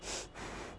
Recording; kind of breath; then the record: one breath in and out by a microphone near the nose and mouth; strong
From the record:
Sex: female